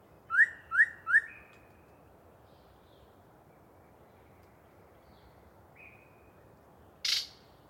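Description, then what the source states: Yellow-breasted Chat song: three quick upslurred notes with a short whistle, a faint thin note later, then a sharp noisy burst. Particularly chatty bird giving a long pre-dawn soliloquy in deciduous cover.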